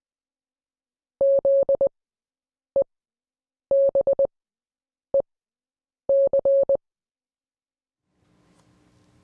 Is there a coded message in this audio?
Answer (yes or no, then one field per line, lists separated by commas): yes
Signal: Morse code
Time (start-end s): 1.2-6.8 s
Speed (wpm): 20 wpm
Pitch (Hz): 550 Hz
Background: none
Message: ZEBEC